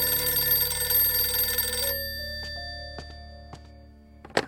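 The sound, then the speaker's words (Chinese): In the middle of the night at a mansion, a telephone bell rings in one loud, continuous metallic burst for about two seconds, then cuts off, leaving a fading hum broken by a few sharp clicks and a clatter. “不过这天晚上他们的睡眠质量注定不会那么好，因为所有人都被半夜的一通电话给吵醒了。”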